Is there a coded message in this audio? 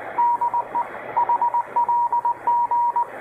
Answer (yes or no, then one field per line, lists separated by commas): yes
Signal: Morse code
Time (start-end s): 0.2-3.0 s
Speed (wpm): 19 wpm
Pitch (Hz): 950 Hz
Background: radio noise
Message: DE HLG